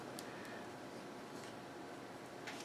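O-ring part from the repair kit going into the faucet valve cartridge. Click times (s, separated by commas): 0.2 s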